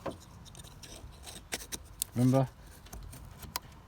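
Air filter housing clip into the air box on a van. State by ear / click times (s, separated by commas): seated / 3.6 s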